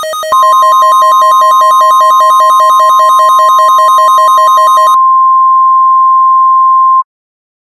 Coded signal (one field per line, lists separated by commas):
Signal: Emergency Alert System (SAME) tones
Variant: 1050 Hz attention tone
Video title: “Yellowhammer’s Nightmare” EAS Scenario